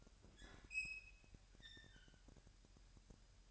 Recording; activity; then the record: daily activity, microphone in the room; open fridge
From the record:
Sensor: 2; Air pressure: 1001.8 hPa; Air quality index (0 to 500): 248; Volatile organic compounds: 38 ppm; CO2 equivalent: 3108 ppm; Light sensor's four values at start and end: 8/28/11/10 and 8/28/11/10